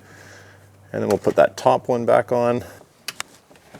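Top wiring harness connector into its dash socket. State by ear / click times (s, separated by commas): seated / 3.1 s, 3.2 s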